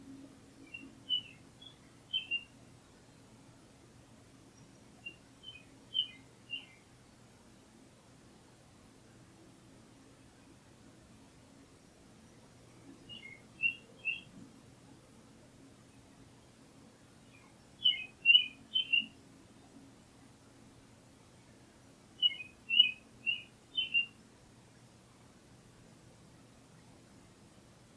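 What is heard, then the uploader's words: Birds chirp in short, bright bursts every few seconds, over a faint low hum that stays steady throughout. Relax With the Morning Birds. The chirping birds wake up at the crack of dawn and begin their day.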